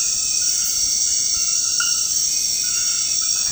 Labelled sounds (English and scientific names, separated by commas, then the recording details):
none
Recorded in dense forest near Puerto Asís, Putumayo, Colombia, on 19 February 2024 at 23:30
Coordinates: 0.472, -76.329
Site G6394